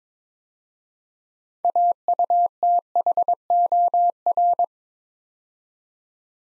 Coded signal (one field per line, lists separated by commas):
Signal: Morse code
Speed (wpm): 22 wpm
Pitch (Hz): 700 Hz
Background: none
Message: AUTHOR